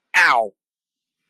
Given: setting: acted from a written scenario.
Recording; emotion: vocal sound without words; pain